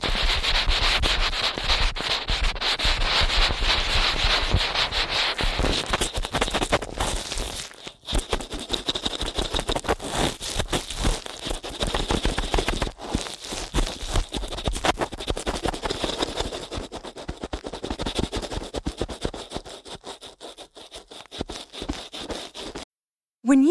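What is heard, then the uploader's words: Ear cleaning at a frantic pace: dense, rapid scratching and rubbing that barely lets up, with a bright hiss running through it. Brief gaps break the flow near 8 and 13 seconds, the scrubbing thins and turns choppier toward the end, then stops abruptly. ASMR Ear Cleaning at Helicopter Speed.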